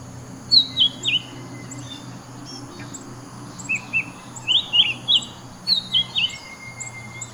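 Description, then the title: Bird song: paired and tripled sweeping chirps, high and clear, coming in separate bursts over a low steady hum and faint high whine. "SuaraBurung Kicau"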